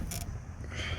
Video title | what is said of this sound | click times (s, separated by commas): BMW 325i (E90) FUEL PUMP ASSEMBLY REPLACEMENT DIY! SIMPLE STEP BY STEP INSTRUCTIONS! | like that, and you hear it click. | 0.1 s